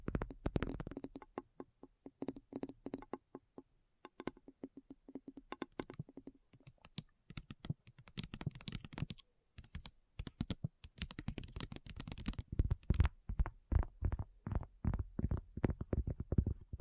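Rapid, irregular tapping with crisp clicks in dense bursts, a brief pause near ten seconds, then slower, heavier taps through the end.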